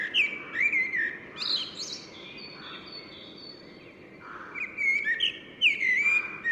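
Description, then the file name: Common blackbird giving rich fluty warbled phrases with sharp high twitters at the ends, amid a soft hiss and faint thin notes. "Turdus merula"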